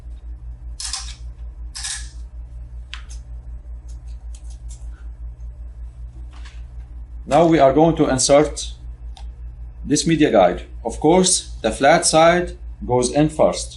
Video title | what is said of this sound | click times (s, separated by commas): QL-300 Tech Support Series: How to Unpack and Setup | rotate this knob clockwise until it clicks a couple times | 0.8 s, 0.9 s, 2.9 s, 4.3 s